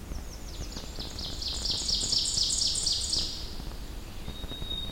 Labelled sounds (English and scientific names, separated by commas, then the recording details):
Ovenbird (Seiurus aurocapilla) song
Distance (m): 30 m
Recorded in boreal forest in Alberta, Canada, on 21 June 2016 at 06:53
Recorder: SongMeter 3, array SBT-6-81
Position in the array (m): 40 m, 88 m
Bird 24